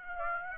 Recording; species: mosquito wingbeat signal from an infrared sensor; Aedes aegypti